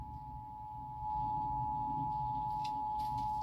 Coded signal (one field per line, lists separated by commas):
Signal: Emergency Alert System (SAME) tones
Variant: 853 and 960 Hz attention tone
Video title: @LucasCountyEAS Brother, did you get the same alert on your radio, EAS StateWide Test on 100.5WKXA